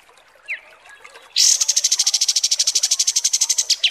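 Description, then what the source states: Kapas tembak: bird song: a soft slurred note, then a loud, fast, shrill trill of evenly repeated high pulses. Masteran training recording of kapas tembak, a bird song used for teaching song.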